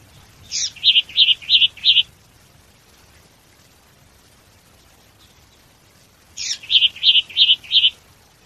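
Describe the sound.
Bird calling: a sharp, high opening note followed by four quick, even chirps. The phrase comes twice, about six seconds apart, in otherwise quiet surroundings.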